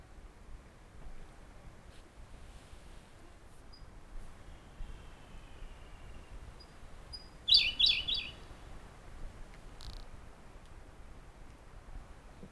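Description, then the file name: Siberian blue robin song, fairly faint: a couple of thin whistles, then a short rapid trill, with long quiet stretches of background hiss. "robin-siberian-blue -Larvivora-cyane"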